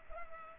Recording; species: mosquito wingbeat signal from an infrared sensor; Culex pipiens